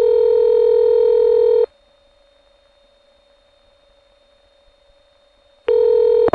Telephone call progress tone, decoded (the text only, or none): ringback tone